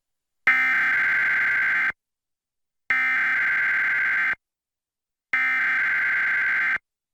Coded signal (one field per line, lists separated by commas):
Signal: Emergency Alert System (SAME) tones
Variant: header bursts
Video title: EAS #979: EAS Required Monthly Test- Sep. 4, 2024- 8:20AM PDT